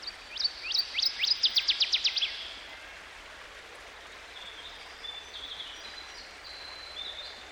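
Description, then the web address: Northern waterthrush singing a loud burst of about a dozen sharp, downslurred chips that speed up and end abruptly, followed by faint high calls from other birds over steady background hiss. By a stream. "Dan Gibson Songbirds By The Stream. Northern Waterthrush"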